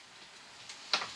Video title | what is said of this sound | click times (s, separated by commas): How to fit a VELUX window. VELUX window installation. VELUX top hung window & flashing kit install. | to re-engage the springs we need to push up until we hear a click just like that the window is now held in place again by the mechanism | 0.9 s